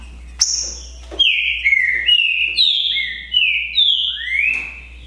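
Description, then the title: Green-winged saltator singing a full phrase of loud whistled notes, falling and climbing in turn, closing with a long rising whistle. Song contest between two birds, Naval vs Demolidor, 2022 season. "Esse É PERFEITO Para ESQUENTAR Seu TRINCA Piando, Cantando E Macheando Na DISPUTA. ISSO SIM!! É UMA DISPUTA DE TRINCA FERRO PERFEITA!! NAVAL VS DEMOLIDOR 2022! TEMPORADA 2022!"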